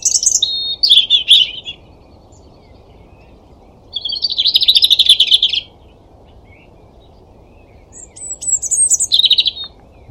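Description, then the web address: European robin giving three short, high, varied twittering phrases, each lasting one to two seconds, separated by pauses, over a steady low background hiss. "Deverinetal 2025 File origin Bird Only Er Ru"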